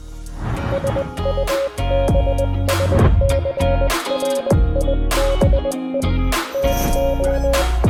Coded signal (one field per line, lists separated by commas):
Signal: Morse code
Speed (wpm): 20 wpm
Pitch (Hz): 550 Hz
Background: music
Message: SUBSCRIBE TO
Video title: why i decided to learn morse code... (and how you can too FAST!)